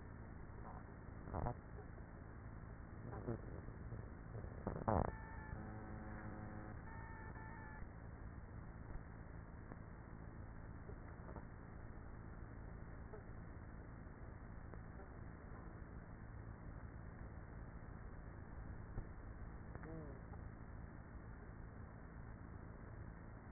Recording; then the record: honeybee colony, microphone inside the hive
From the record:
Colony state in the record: queenless with a low population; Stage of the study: after two queens were removed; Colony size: about 30,000 bees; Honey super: no